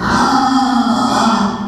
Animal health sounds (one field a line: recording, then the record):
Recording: squeal of a Yucatan mini pig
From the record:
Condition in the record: after surgery on the right vocal fold (resection and tissue-engineered implant)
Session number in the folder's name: 15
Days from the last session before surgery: 175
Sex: female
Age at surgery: 19 weeks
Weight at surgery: 25 kg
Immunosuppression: prednisolone